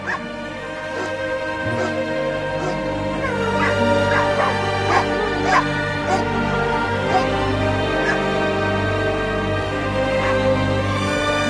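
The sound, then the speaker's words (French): Dogs of the Far North bark and yip in repeated short, high-pitched cries with some whimpering, layered over a steady droning hum that holds throughout. “afin de parfaire sa connaissance de l'extrême, celle des hommes et de l'animal, alliés objectifs de leur survie, les Indiens du Grand Nord avec les chiens et les loups qui le peuplent.”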